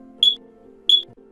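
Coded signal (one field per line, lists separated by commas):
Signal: alarm pattern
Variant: Kidde CO alarm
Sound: two brief high-pitched chirps, about 0.7 seconds apart, over a low hum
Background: low electrical hum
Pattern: 2 short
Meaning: End of life; replace the alarm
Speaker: sound emitted is two chirps every 30 seconds this means end of life please replace your alarm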